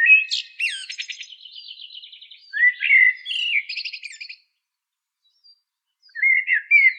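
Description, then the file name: Common blackbird song: a whistled opening breaks into a rapid high twitter, then a second whistled phrase ending in twitter, and after a pause another whistled phrase. "Drozd chyornyj Turdus merula"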